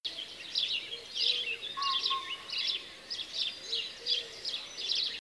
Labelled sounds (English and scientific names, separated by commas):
House Sparrow (Passer domesticus), Eurasian Collared Dove (Streptopelia decaocto), Common Pheasant (Phasianus colchicus)